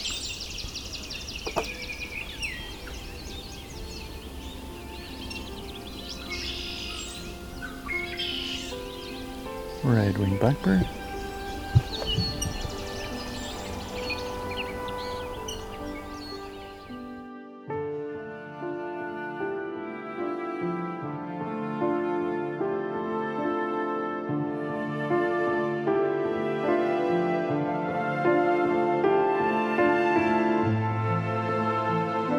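Valens Lake in June: a steady outdoor hiss with scattered bird chirps and a few short knocks, plus a swooping call around ten seconds. At about seventeen seconds it cuts abruptly to music, sustained tones and a regular melodic pattern continuing to the end.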